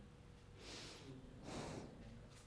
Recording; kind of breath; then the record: one breath in and out by a microphone near the nose and mouth; normal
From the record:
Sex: male